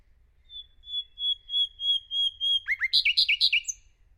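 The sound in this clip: Bird song: a series of pure, steady whistled notes on one pitch, about three per second, then a fast burst of sweeping chirps and a final high note.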